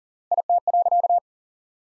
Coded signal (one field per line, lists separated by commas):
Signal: Morse code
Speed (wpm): 40 wpm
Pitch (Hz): 700 Hz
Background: none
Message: IT.